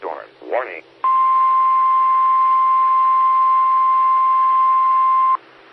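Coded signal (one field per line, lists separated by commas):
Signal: Emergency Alert System (SAME) tones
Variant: 1050 Hz attention tone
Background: speech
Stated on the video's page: Morse heard on a SKYWARN repeater on 147.120 MHz.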